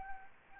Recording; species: mosquito wingbeat signal from an infrared sensor; Anopheles gambiae